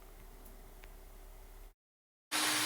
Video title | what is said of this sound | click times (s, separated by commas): DAPOL’s N GAUGE MIDLAND PULLMAN, is it any good? | you hear a little click and then all is good again | 0.8 s